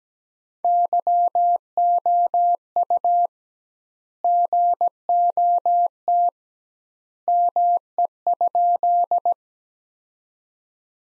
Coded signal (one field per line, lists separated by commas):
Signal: Morse code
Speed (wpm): 17 wpm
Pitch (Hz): 700 Hz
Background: none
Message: YOU GOT ME?